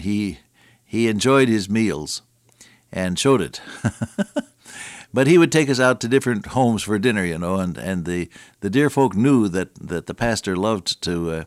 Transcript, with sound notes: He enjoyed his meals and showed it (laughs) But he would take us out to different homes for dinner you know, and the dear folk knew that that the pastor loved to